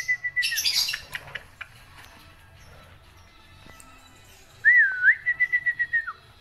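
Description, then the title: Black-winged myna song, a level whistle and harsh burst, a quiet gap, then a wavering whistle followed by rapid repeated notes. Described as a dense, lively song with many variations, used as a master recording for training songbirds. "Kicauan Rapat Jalak Putih Gacor Banyak Variasi Untuk Masteran"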